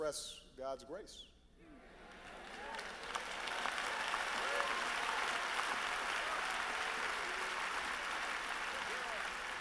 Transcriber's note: applause